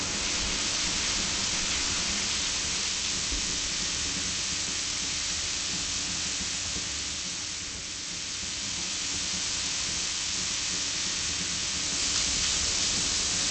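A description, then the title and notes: A shower runs steadily, a dense hiss of spraying water that stays bright and even throughout. Around eight seconds the spray briefly softens and dulls before returning, and near twelve seconds it turns a little brighter, as if the stream shifted. Shower.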